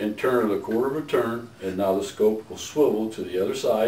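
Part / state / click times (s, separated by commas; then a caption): swivel knob of a scope mount on a highway flasher housing / not seated / none. Someone talks while handling the swivel knob of a red-dot scope mount on a highway flasher housing, pushing it in and turning it a quarter turn so the scope can swivel to the other side, keeping it on the outside of the flasher lens. Nothing has seated or clicked yet; the knob has not locked in place.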